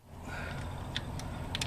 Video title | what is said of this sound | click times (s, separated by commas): How to remove and instal an injector 98 dodge 24V cummins 2nd gen | when it goes in it pops right in place like so but | 1.5 s, 1.6 s